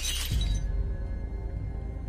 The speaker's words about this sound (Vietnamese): Sau đó chiếc hũ bị nó giơ lên cao rồi đập mạnh xuống đất.